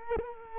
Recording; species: mosquito wingbeat signal from an infrared sensor; Culex quinquefasciatus